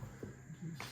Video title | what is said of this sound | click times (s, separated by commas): Door Panel Removal Lexus GX470 | That whoop, just snaps in place. | 0.8 s